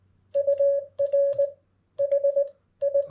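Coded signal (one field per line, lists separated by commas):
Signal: Morse code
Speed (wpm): 19 wpm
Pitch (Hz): 560 Hz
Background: none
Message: UR HI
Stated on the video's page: Morse examples of each part of a typical park activation contact, sent as a lesson for new operators.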